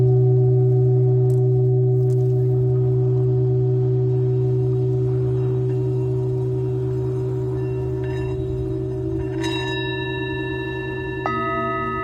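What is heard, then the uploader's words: A Tibetan singing bowl rings with a deep, steady hum and a clear middle tone that hold for the whole stretch, fading only slightly. Near the ninth second a light strike adds bright, high ringing notes, and another soft strike follows just before the end. Tibetan Singing Bowl のサウンドヒーリングLIVE.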